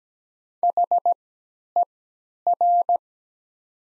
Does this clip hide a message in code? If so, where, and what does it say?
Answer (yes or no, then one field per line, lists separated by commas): yes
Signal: Morse code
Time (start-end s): 0.6-3.0 s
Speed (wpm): 17 wpm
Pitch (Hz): 700 Hz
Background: none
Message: HER